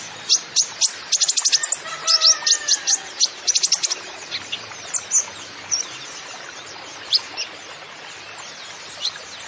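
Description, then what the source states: Kolibri Ninja song: a fast rattle of high chirps with brief lower whistled notes, slowing to sparse single high notes later. Masteran recording used to train songbirds, full of 'isian' fill-in and 'tembakan' shot song phrases, meant as 'pancingan' to prompt other birds; bird described as 'gacor', singing persistently.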